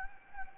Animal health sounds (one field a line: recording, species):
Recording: mosquito wingbeat signal from an infrared sensor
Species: Anopheles gambiae